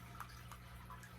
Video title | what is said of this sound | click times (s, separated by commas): Tetra Pond UV clarifier for the green pond. | Oh yeah. Did you hear it click? You know it's in there. | 0.2 s